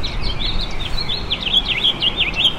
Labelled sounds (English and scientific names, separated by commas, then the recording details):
House Finch (Haemorhous mexicanus) song
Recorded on Long Island, New York, on 10 June 2012
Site GW
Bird C